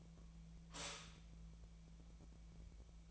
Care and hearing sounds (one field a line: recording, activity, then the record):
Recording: daily activity, microphone in the room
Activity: stop toaster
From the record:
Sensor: 1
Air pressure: 1000.3 hPa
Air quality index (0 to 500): 157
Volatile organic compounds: 3 ppm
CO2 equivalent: 1471 ppm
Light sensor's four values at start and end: 27/68/29/34 and 27/69/29/34